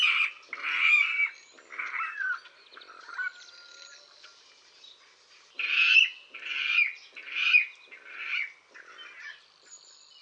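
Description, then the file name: Water rail giving harsh, squealing calls in uneven bursts, several grouped together, then a pause before another series of rough squeals. "wodnik"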